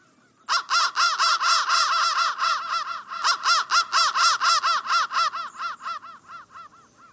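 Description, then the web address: Crow caws in a fast, insistent series of harsh arched notes, swelling, dipping briefly, then continuing and tapering toward the end. Processed crow calls. "soundfactory crow"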